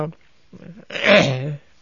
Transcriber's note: clears throat